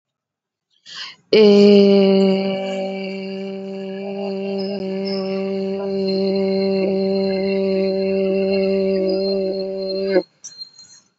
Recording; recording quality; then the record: sustained vowel as in made; excellent, no background noise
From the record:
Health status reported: COVID-19 positive, mild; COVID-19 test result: positive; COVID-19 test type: RT-PCR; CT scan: not taken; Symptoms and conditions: cold, fatigue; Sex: female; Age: 27 years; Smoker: no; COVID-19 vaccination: none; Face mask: not worn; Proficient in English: yes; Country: India